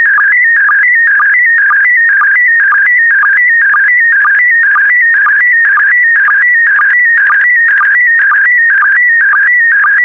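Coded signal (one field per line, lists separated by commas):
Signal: SSTV (slow-scan television)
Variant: PD120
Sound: warbling, stepping electronic tone with a steady rhythmic low blip about twice a second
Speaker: the next image transmission will start in 10 seconds five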